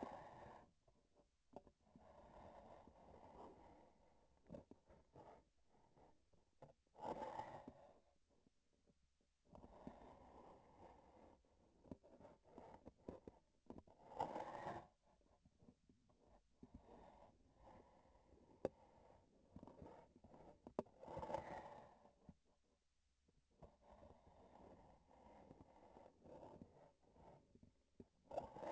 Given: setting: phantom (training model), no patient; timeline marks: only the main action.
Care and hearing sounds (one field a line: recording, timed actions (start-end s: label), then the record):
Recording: laparoscopic instrument, vibration sensor on the handle end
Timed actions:
4.41-6.27 s: palpation
11.41-13.47 s: palpation
19.25-20.74 s: palpation
26.15-27.83 s: palpation
From the record:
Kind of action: gesture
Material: synthetic tissue